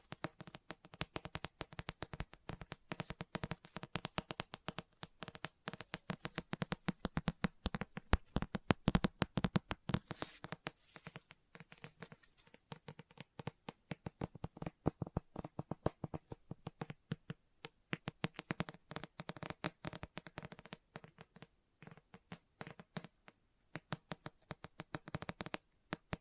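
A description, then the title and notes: Fingers tap and scratch on a book in a rapid, dense run of short, crisp clicks that continues for the whole stretch. The taps come in irregular bursts with brief gaps, some sharper and louder than others, and there is no other sound behind them. Book Tapping, Scratching, Page Turning.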